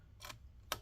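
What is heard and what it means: Screw number two is twisted backwards into a threaded mount on the motherboard assembly inside an MSI GF75 Thin 9SC-278US laptop chassis, then turned three times. Faint ticks come at about 0.2 to 0.3 seconds, followed by a sharp, bright click at 0.7 seconds. That click is the screw thread dropping into its start position, so the screw is seated.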